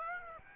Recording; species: mosquito wingbeat signal from an infrared sensor; Aedes aegypti